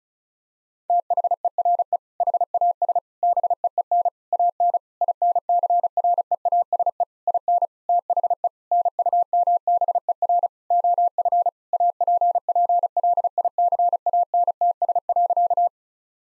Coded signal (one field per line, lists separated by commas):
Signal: Morse code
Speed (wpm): 36 wpm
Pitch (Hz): 700 Hz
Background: none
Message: THERE HAS BEEN AN INCREASE IN THE NUMBER OF APPLICANTS.